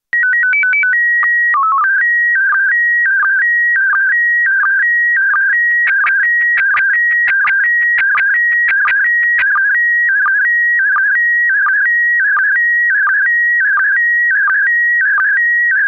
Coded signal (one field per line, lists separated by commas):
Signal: SSTV (slow-scan television)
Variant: PD 90